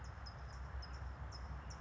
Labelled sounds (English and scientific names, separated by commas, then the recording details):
California Towhee (Melozone crissalis)
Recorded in Sonoma County, California